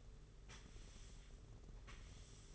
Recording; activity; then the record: daily activity, microphone in the room; sweep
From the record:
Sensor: 4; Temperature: 27.1 degrees Celsius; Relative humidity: 38.3%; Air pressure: 992.2 hPa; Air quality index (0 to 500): 110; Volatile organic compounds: 18 ppm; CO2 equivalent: 2631 ppm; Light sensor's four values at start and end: 23/78/28/30 and 23/78/28/30